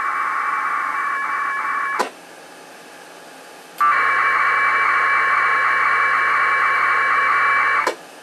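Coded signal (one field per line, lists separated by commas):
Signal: packet radio (AX.25, as in APRS)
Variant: 1200 baud AFSK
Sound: two long warbling data bursts with click at each key-up, short quiet gap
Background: radio static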